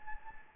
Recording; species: mosquito wingbeat signal from an infrared sensor; Anopheles gambiae